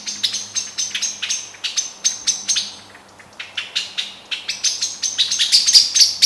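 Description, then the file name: Eurasian blackbird giving repeated harsh chink calls, steady at first, briefly pausing, then quickening into a dense, urgent sequence. "Turdus merula"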